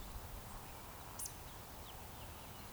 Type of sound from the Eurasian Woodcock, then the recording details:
whistle, croak. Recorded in Baden-Württemberg, Germany, on 3 June 2021 at 19:45 UTC. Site 45499, 200 m above sea level